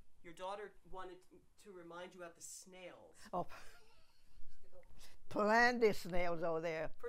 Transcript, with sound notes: your daughter wanted to remind you about the snails. (she laughs)
Plenty of snails over there.